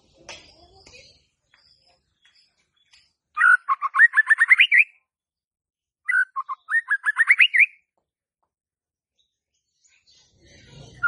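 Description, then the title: White-rumped shama song with two bright phrases of quick notes climbing upward in a rising series, separated by silence, faint soft sounds at start and end. Used as a lure (pancingan) for a stressed shama that has stalled (macet) in its singing. "PANCINGAN Murai Batu STRES & MACET"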